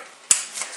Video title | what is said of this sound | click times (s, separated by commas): Hoofboot_youtube.wmv | You want to hear the click | 0.3 s